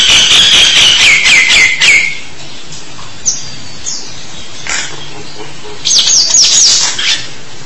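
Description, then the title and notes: Starling song: a bright warbled phrase with whistled notes, a pause broken by a few single clicks, then a quick burst of sweeping notes. "suara burung jalak"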